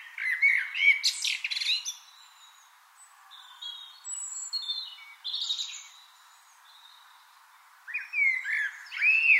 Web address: SETE data Turdus merula